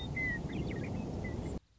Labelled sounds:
Western Meadowlark (Sturnella neglecta)
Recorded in Sonoma County, California

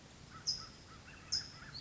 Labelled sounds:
California Towhee (Melozone crissalis)
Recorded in Sonoma County, California

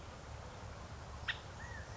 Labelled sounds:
California Quail (Callipepla californica)
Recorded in Sonoma County, California

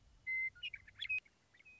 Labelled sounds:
Western Meadowlark (Sturnella neglecta)
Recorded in Sonoma County, California

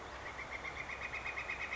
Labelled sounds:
Northern Flicker (Colaptes auratus)
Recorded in Sonoma County, California

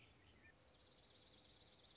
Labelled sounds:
Dark-eyed Junco (Junco hyemalis)
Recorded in Sonoma County, California

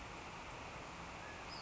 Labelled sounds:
Western Flycatcher (Empidonax difficilis)
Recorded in Sonoma County, California

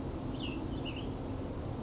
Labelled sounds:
Cassin's Vireo (Vireo cassinii)
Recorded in Sonoma County, California

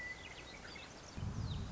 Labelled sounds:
Western Meadowlark (Sturnella neglecta)
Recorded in Sonoma County, California

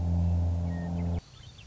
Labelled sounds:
Western Meadowlark (Sturnella neglecta)
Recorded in Sonoma County, California

